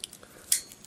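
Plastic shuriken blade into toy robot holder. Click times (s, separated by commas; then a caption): 0.5 s. A red plastic toy shuriken blade is plugged onto a toy robot's holder, with a few faint plastic ticks before a sharp, bright click at 0.5 s as it seats. A lighter tick follows, and no electronic activation sound plays.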